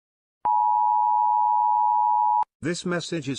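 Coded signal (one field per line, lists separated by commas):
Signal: Emergency Alert System (SAME) tones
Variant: 853 and 960 Hz attention tone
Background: speech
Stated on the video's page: Mock EAS alert, fictional, set in a children's cartoon episode.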